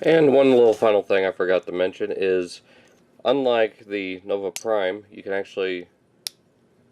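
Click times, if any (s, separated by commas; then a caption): 6.3 s. Someone talks, then at 6.3 s a plastic part of a Transformers Collectors' Club 2015 incentive Lio Convoy transforming toy figure gives a single sharp click as it locks into place in the figure's body. The part is seated and locked, unlike a similar figure whose part does not lock.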